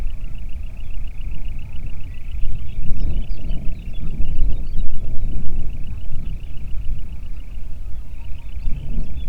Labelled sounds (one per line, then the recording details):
songbird
wind
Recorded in the Prudhoe Bay oil fields, Alaska, on 8 June 2019 at 05:19
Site 30